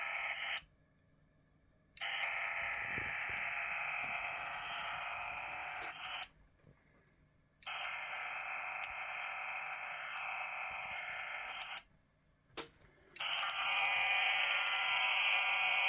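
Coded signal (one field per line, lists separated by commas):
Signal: HF data modem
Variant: VARA HF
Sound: long steady hissing data bursts, about three, separated by short silent pauses and brief clicks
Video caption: [Wireless Winlink session]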